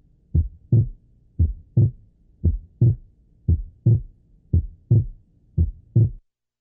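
Simulated adult heart sounds, regular at about 57 per minute. One component of the second sound is markedly accentuated, so a slight S2 split that is evident when both components are of similar intensity becomes inaudible, as in pulmonary or systemic hypertension, where the split is shortened.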